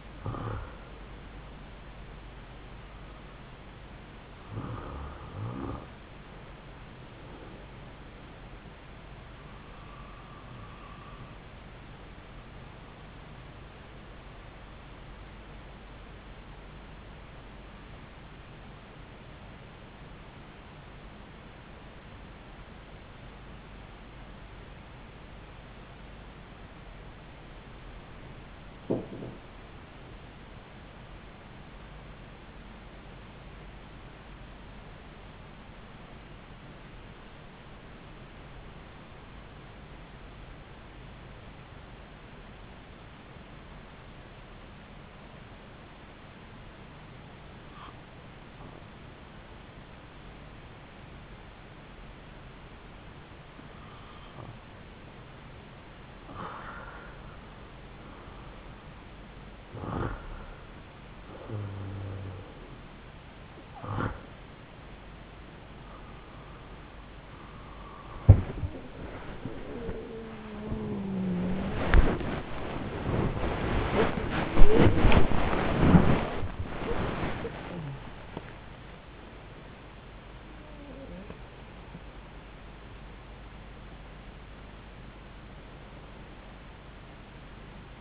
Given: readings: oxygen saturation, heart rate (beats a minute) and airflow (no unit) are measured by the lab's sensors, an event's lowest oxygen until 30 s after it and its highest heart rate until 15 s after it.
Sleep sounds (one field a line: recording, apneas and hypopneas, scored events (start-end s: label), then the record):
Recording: breathing in sleep by a voice recorder at the bedside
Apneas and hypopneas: 1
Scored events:
18.00-58.40 s: hypopnea (REM, oxygen 97% highest, then 82% lowest)
67.00-88.01 s: new sleep stage, N1 (lightest sleep)
From the record:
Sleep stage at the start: REM sleep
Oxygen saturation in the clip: 82 to 97%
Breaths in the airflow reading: 13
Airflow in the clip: -8.3 to 11.1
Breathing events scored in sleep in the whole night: 270 in 6.1 hours asleep